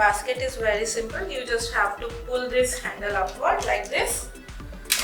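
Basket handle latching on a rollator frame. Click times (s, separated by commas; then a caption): 4.9 s. Someone talks over music while the basket handle on a rollator frame is pulled upward until it locks. A single sharp click is heard at 4.9 s as the handle latches into place.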